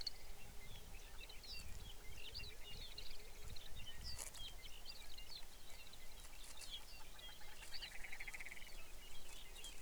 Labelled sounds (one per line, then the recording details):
songbird
grouse or ptarmigan
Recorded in the Arctic National Wildlife Refuge, Alaska, on 23 May 2019 at 05:11
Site 49